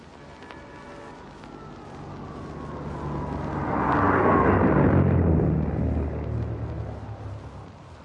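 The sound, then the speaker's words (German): The Schienenzeppelin propeller-driven rail car races past at very high speed on its first major test run in Hannover, coming out of a curve onto the straight. Its roar swells to a peak midway and then fades, with a whining tone that slides down in pitch as it goes by, over a steady low hum. “ersten großen Versuchsfahrt des Schienenzeppelins, des Propellerschnellwagens von Krukenberg in Hannover”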